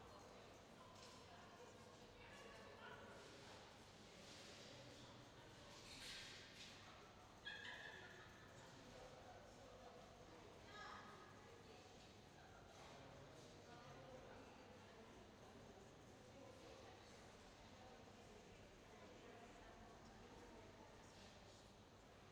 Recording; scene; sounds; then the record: everyday scene through a hearing-aid microphone; reverberant space; background noise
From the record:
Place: railway station hall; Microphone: in the ear canal, left